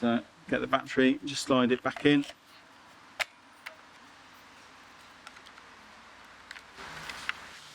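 A battery pack is slid back into a Karcher GSH 18-20 cordless grass and shrub shear. Someone talks at the start, followed by quiet handling with a few small sharp ticks. The clip ends before the battery goes home, so nothing has seated or clicked yet.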